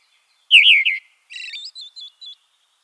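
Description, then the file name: Red-throated thrush song: a loud warbling phrase of looping whistles, then a softer buzzy note and a run of short high twitters, all on a silent background. "Drozd krasnozobyj"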